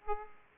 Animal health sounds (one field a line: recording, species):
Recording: mosquito wingbeat signal from an infrared sensor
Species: Aedes aegypti